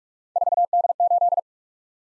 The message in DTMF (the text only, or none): none